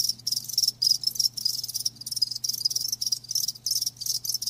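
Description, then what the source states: Cricket chirping in bright high bursts separated by brief gaps, low hum faintly present. Live crickets chirping, a lulling song.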